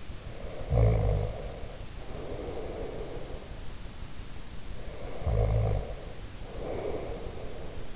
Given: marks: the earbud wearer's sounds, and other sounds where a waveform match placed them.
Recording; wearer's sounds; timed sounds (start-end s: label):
sounds in sleep by an in-ear microphone; snoring breath
0.30-3.50 s: snoring breath
4.59-7.96 s: snoring breath